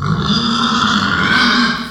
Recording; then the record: squeal of a Yucatan mini pig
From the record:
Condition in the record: after surgery on the right vocal fold (resection and tissue-engineered implant); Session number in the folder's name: 16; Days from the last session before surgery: 183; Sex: female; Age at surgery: 19 weeks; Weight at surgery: 25 kg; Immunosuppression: prednisolone